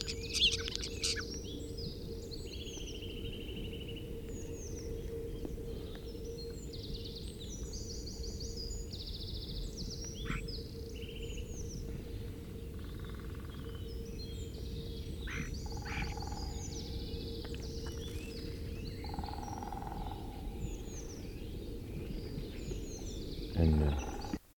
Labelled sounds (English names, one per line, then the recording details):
European Starling song
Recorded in the wild
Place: Boldevitz, Insel Rügen, Mecklenburg-Vorpommern, DE
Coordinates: 54.441, 13.335
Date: 1972-04-15
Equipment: Nagra III BH, Sennheiser MD 21, parabola
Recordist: Schubert, Michael